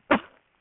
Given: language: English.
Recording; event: throat vibration sensor signal played as sound; cough